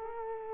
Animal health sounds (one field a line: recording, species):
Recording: mosquito wingbeat signal from an infrared sensor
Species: Culex quinquefasciatus